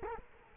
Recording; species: mosquito wingbeat signal from an infrared sensor; Culex quinquefasciatus